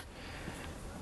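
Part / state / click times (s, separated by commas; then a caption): plastic figure leg into a locking tab on the body / not seated / none. During transformation of an X-Transbots Apollyon plastic robot figure, a leg is brought around and pressed toward a plastic locking tab on the body. Only steady, low handling noise and faint plastic rustling are heard, with no distinct click. Nothing has clicked or seated yet by the end of the clip.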